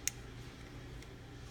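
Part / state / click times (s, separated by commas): thumb safety into pistol frame / seated / 0.1 s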